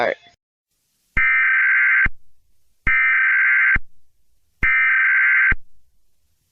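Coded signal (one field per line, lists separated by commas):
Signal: Emergency Alert System (SAME) tones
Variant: header bursts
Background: speech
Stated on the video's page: Fictional EAS scenario, a simulated alert, not a real activation.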